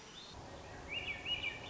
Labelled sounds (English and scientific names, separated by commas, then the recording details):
Swainson's Thrush (Catharus ustulatus)
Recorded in Sonoma County, California